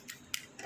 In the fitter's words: Il se clipse ici à l'arrière.